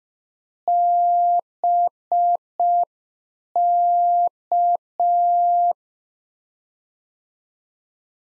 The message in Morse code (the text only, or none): BK